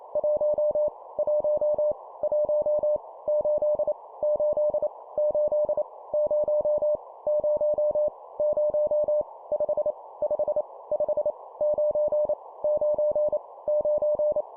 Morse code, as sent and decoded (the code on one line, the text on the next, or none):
.---- / .---- / .---- / ---.. / ---.. / ---.. / ----- / ----- / ----- / ..... / ..... / ..... / ----. / ----. / ----.
1 1 1 8 8 8 0 0 0 5 5 5 9 9 9